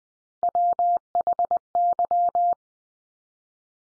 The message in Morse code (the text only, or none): WHY